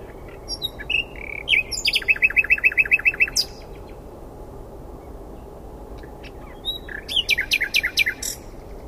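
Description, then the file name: Common nightingale song: a short chattering phrase, then a rapid run of repeated notes, a pause, and another fast repeated burst near the end. "Luscinia megarhynchos"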